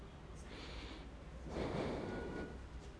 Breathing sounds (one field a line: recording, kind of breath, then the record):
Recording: one breath in and out by a microphone near the nose and mouth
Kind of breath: normal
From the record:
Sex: male